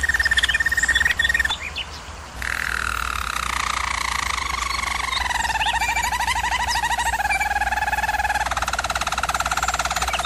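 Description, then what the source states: German Roller canary holding a steady roll, briefly falling quiet, then resuming with long wavering rolled tones that gradually lower; low hum underneath. Singing, used for canary song training.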